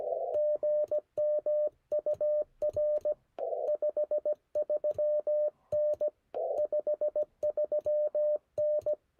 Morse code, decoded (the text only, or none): GM UR 53N 53N